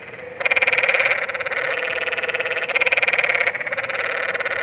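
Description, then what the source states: Canyon treefrog trilling call, two loud buzzy pulsed trills each lasting under a second, with a softer continuous chorus of similar trills behind them. Canyon treefrog (Hyla arenicolor) from southwestern California.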